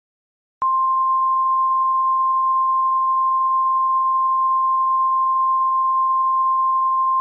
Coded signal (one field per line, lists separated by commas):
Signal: Emergency Alert System (SAME) tones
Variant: 1050 Hz attention tone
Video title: EAS Scenario: Illinois Weather Disaster